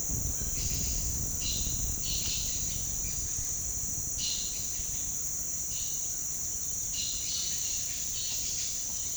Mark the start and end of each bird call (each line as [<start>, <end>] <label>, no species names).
[0.48, 3.28] bird call
[4.08, 5.22] bird call
[6.78, 9.16] bird call